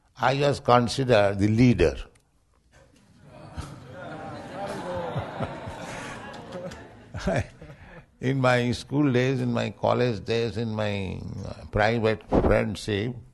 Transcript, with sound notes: I was considered the leader. [laughing] [laughter] In my school days, in my college days, in my private friendship,